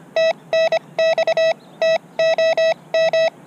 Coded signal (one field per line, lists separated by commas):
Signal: Morse code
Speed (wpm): 25 wpm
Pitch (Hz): 650 Hz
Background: none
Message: TNX TOM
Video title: Ham Radio RaDAR Rally October 14th 2023